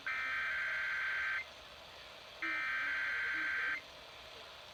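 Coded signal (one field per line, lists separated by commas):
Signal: Emergency Alert System (SAME) tones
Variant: header bursts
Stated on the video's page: Required Monthly Test relayed at 1:10 AM, caught from a New York City radio station.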